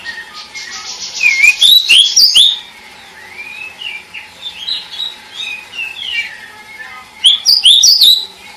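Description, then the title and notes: Songbird singing a bright whistled and trilled phrase, then a soft run of rising and falling notes, before another loud twittering burst at the end. Masteran: training songs for cage birds. "Kumpulan Masteran Burung"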